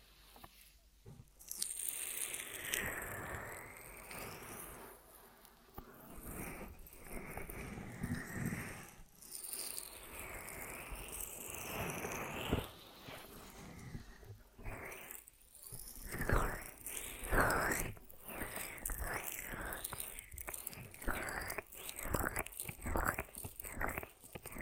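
Ear massage sounds: soft, close rubbing and squishing strokes that swell and fade in waves during the first half. After about fifteen seconds the strokes turn quicker and more clipped, a steady run of short brushing pulses with a faint whisper-like hiss between them.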